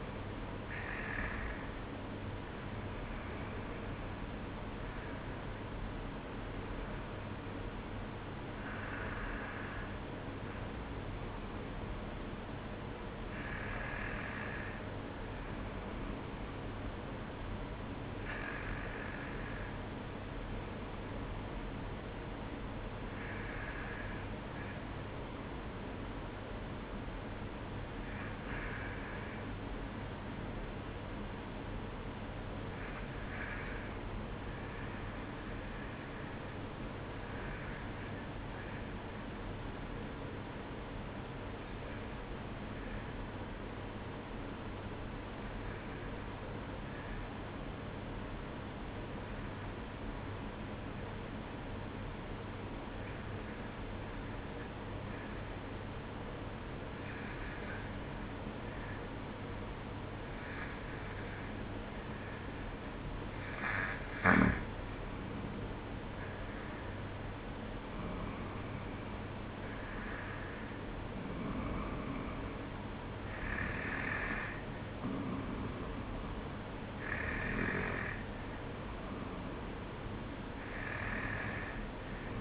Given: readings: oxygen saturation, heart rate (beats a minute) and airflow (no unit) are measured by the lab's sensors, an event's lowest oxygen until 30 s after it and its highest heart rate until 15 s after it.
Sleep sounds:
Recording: breathing in sleep by a voice recorder at the bedside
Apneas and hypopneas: 1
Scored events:
27.00-63.70 s: hypopnea (N1, oxygen 95% highest, then 92% lowest, heart rate 52 at the start, 58 highest)
30.00-60.00 s: new sleep stage, N2 (light sleep)
60.00-82.41 s: new sleep stage, N1 (lightest sleep)
From the record:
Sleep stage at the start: N1 (lightest sleep)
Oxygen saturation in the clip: 91 to 95%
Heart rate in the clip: 51 to 59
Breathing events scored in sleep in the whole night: 305 in 9.6 hours asleep

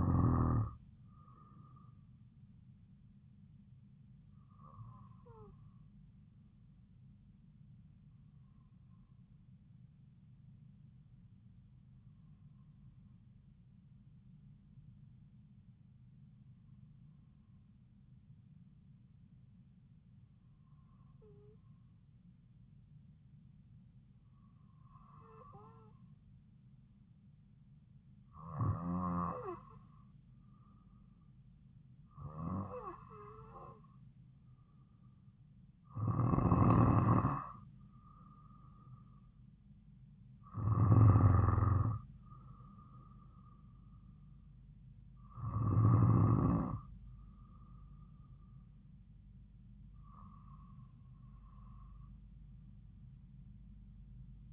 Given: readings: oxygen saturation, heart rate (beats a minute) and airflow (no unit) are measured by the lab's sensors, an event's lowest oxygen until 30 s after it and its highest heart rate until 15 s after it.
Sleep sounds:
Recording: breathing in sleep by a smartphone at the bedside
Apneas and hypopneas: 1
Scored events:
9.00-32.60 s: hypopnea (N2, oxygen 96% highest, then 92% lowest)
51.00-54.53 s: new sleep stage, N3 (deep sleep)
From the record:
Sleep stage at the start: N2 (light sleep)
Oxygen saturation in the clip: 91 to 96%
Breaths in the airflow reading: 13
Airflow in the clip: -3.1 to 3.1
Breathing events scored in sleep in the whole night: 270 in 6.1 hours asleep

